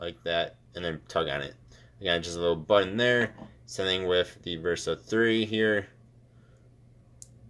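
Someone talks, then after a quiet pause the small quick-release button on the band of a Fitbit Versa 3 smartwatch is pressed. A short, sharp click sounds at 7.2 s as the watch band releases from the smartwatch case.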